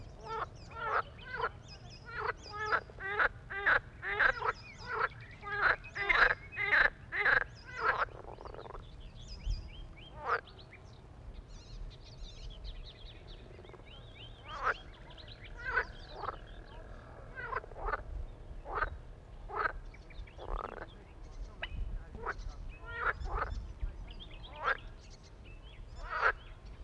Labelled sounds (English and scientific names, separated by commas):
Edible Frog (Pelophylax esculentus) call